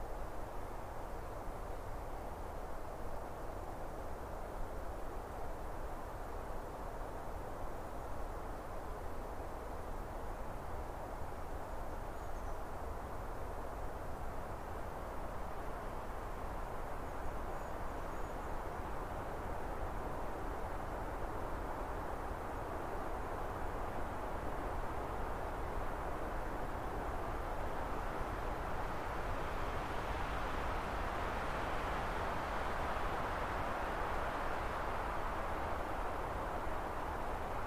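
Cold wind rushes steadily through a frozen forest, a dense, even roar strongest in the low and middle range. Around the thirty-second mark a gust swells brighter and louder before easing back, and the sound stays continuous from start to finish.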